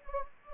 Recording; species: mosquito wingbeat signal from an infrared sensor; Anopheles gambiae